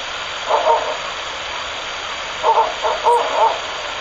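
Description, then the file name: Ural owl hooting: a couple of soft, mellow notes early, then a run of several similar hoots near the end, over a steady hiss. A male and a female, recorded 31 March 2019 at 17:54. "フクロウ♂♀ 少年の森"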